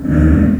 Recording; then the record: squeal of a Yucatan mini pig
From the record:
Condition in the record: after surgery on the right vocal fold (resection and tissue-engineered implant); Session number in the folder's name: 7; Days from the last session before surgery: 47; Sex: female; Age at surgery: 19 weeks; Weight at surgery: 25 kg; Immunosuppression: prednisolone